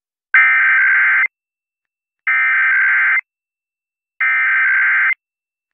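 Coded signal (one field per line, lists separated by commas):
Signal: Emergency Alert System (SAME) tones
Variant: header bursts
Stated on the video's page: Weekly and monthly tests.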